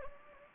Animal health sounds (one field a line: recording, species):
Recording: mosquito wingbeat signal from an infrared sensor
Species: Anopheles gambiae